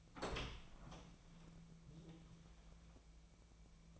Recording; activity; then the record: daily activity, microphone in the room; open door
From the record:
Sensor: 1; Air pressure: 1000.5 hPa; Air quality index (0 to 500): 184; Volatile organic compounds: 4 ppm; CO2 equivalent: 1694 ppm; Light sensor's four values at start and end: 11/27/11/13 and 11/28/11/13